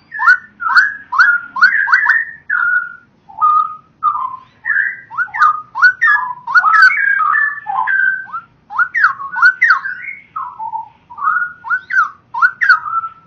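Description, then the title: Oriental magpie-robin song: long sequence of crisp, varied whistled notes, sliding up and down, grouped in quick phrases with short gaps. "Kicau Kacer"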